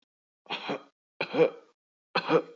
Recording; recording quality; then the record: deep breathing; excellent, no background noise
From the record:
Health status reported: exposed to COVID-19, no respiratory illness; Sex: male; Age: 49 years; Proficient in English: yes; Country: United States